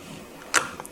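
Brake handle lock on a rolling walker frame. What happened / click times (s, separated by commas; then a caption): The brake lever snapped out of its locked position / 0.6 s. The brake handle lock on a Hugo Sidekick rolling walker with a seat is pulled back up to release the locked parking brake. A sharp, bright click sounds at 0.6 seconds, followed by a few faint ticks. The parking brake is released.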